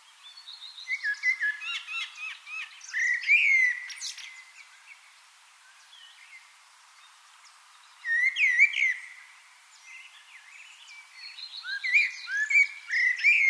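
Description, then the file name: Common blackbird song in three separate phrases a few seconds apart, each a fluty warble with high, squeaky twittering, with quiet gaps between. "Turdus merula"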